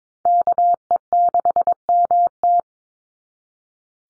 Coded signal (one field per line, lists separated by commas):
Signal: Morse code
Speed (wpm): 22 wpm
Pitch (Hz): 700 Hz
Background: none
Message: KE6MT